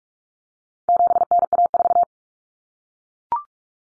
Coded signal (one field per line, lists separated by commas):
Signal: Morse code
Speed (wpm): 44 wpm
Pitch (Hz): 700 Hz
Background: none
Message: 7NA4